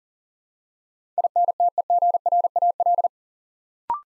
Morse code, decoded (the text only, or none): INTEGRAL